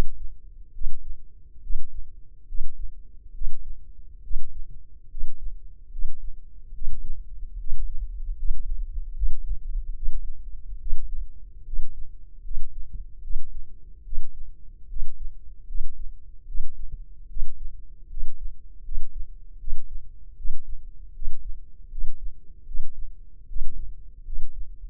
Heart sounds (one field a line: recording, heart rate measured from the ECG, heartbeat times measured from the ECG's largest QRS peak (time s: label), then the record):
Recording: heart sounds by microphone in the left ear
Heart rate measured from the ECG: 74 bpm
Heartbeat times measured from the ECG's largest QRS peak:
0.72 s: heartbeat
1.61 s: heartbeat
2.46 s: heartbeat
3.32 s: heartbeat
4.21 s: heartbeat
5.08 s: heartbeat
5.90 s: heartbeat
6.72 s: heartbeat
7.57 s: heartbeat
8.35 s: heartbeat
9.13 s: heartbeat
9.93 s: heartbeat
10.78 s: heartbeat
11.64 s: heartbeat
12.42 s: heartbeat
13.21 s: heartbeat
14.03 s: heartbeat
14.87 s: heartbeat
15.66 s: heartbeat
16.45 s: heartbeat
17.27 s: heartbeat
18.08 s: heartbeat
18.82 s: heartbeat
19.58 s: heartbeat
20.35 s: heartbeat
21.13 s: heartbeat
21.89 s: heartbeat
22.65 s: heartbeat
23.46 s: heartbeat
24.24 s: heartbeat
From the record:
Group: healthy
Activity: rest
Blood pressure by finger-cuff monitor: 135/76 mmHg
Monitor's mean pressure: 95 mmHg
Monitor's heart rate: 75 bpm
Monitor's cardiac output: 6.6 L/min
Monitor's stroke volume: 88 mL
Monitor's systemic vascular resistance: 1090 dyn s/cm5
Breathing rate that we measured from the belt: 19 breaths a minute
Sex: male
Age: 21 years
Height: 180 cm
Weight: 67.5 kg